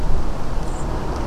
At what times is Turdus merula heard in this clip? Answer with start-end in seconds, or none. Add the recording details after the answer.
0.64-0.84. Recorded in France